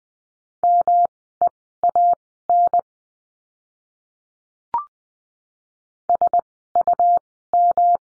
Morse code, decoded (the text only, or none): MEAN SUM